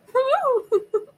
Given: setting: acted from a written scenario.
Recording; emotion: vocal sound without words; positive surprise